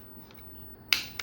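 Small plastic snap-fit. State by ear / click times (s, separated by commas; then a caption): seated / 0.9 s. Two plastic body halves of a Transformers Legacy Evolution Transmetal II Megatron toy figure are pressed together over pegs and a rectangular port. After quiet low handling noise, a sharp, bright click at 0.9 s shows the halves seating together, followed by a softer second snap near 1.2 s.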